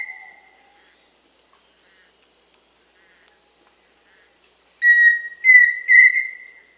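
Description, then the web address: Pheasant cuckoo calling near the end with three clear whistled notes, against a constant shrill insect chorus. Recorded in Peru, Amazon region. "Birds of the Amazon. Pheasant Cuckoo (Dromococcyx phasianellus), Peru"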